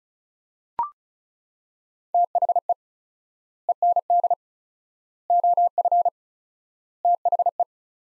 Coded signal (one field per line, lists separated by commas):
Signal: Morse code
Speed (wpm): 36 wpm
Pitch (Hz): 700 Hz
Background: none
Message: THE END OF THE